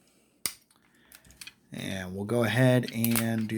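Ridged plastic pieces on the body of a 2002-2003 Transformers Armada Decepticon Tidal Wave toy ship are swiveled back into position, and they snap into place with a sharp click at 0.5 s. A few faint plastic clicks follow before someone talks from about 1.7 s. The panel is seated and fastened on.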